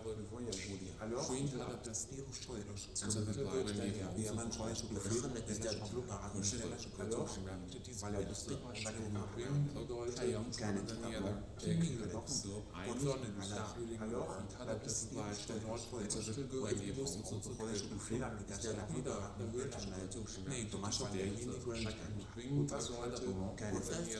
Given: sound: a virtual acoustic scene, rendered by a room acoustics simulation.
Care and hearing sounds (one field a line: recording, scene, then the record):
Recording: noise of the scene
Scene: underground station, no trains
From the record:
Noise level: 70 dB SPL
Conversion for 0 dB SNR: 0.7 dB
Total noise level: 70.7 dB SPL